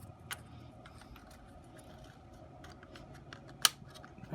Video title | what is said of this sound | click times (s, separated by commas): Building the New 1/35 Takom King Tiger with full interior part 1 Henschel zimmerit | that just snaps into place | 3.6 s